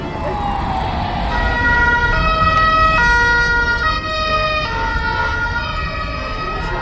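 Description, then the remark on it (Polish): An emergency vehicle siren rises briefly, then sounds loudly in a repeating two-tone pattern, stepping between steady high and low pitches over a constant rumble of traffic. “Ja Ja nie potrafię rozpoznać, czy karetka jedzie, czy straż, czy policja. A mają różne sygnały.”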